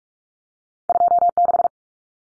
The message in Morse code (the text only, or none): 26